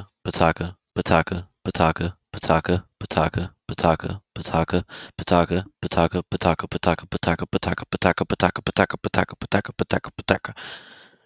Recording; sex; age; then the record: repeated syllables /pa ta ka/; male; 20 to 29 years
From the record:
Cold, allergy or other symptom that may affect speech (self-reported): no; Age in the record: 24 years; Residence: Florida, United States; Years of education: 14